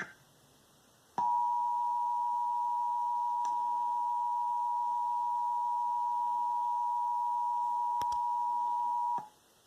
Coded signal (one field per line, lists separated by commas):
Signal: Emergency Alert System (SAME) tones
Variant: 853 and 960 Hz attention tone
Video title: EAS Required Monthly Test - 11/16/17